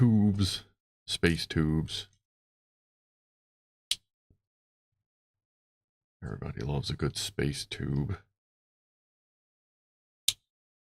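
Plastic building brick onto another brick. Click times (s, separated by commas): 10.3 s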